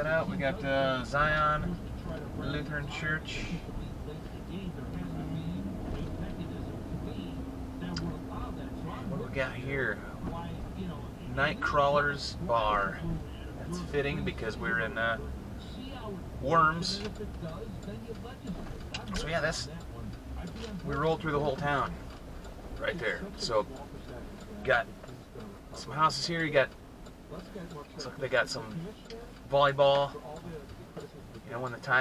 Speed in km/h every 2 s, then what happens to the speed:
32, 32, 31, 32, 32, 31, 27, 27, 26, 19, 13, 11, 10, 8, 5, 3.
0-9 steady at about 32. 9-32 slows to 3.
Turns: 17-26.